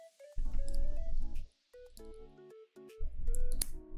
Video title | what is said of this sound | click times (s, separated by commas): 【GUNPLA】 Gundam GQuuuuuuX Leg + Stickers! | this snapped into place. | 3.6 s